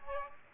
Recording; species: mosquito wingbeat signal from an infrared sensor; Aedes aegypti